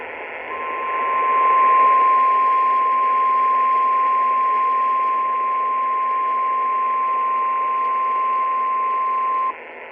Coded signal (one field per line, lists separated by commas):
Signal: Emergency Alert System (SAME) tones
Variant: 1050 Hz attention tone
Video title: Scholastic Storms III: Spring Break Squall Line!!! (EAS Alerts from 4/5/23) EAS #52-#60